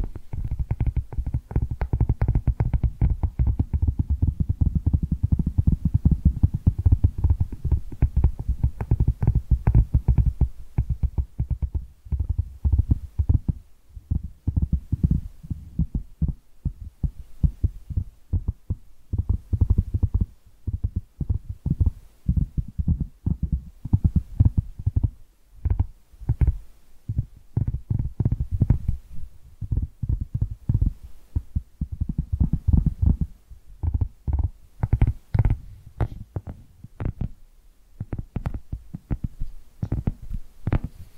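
Dense, low, thumping taps pile up for the first ten seconds, then break into quicker, sharper clusters with brief silent gaps between them.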